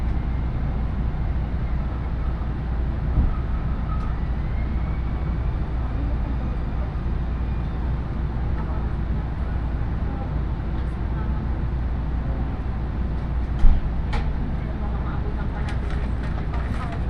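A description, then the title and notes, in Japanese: A steady low rumble fills the ride on a train on the Iida Line, from Tatsuno toward Inashi, with the deep hum of the car holding even throughout. Faint clicks and brief rattles appear now and then, with a sharper knock near fourteen seconds. 鉄道旅 飯田線 辰野→伊那市。やってきたのは313系の2両編成。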